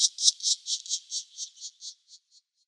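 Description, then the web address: Black woodpecker nestlings give harsh hissing calls: about a dozen rasping bursts at a steady pace that fade away over under three seconds. "Schulze Peter Black Woodpecker nestlings"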